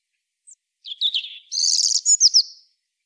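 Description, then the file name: European robin song: a brief high note, then a thin descending trill and a dense, sparkling warble ending in quick liquid notes. No other sounds. "Erithacus rubecula"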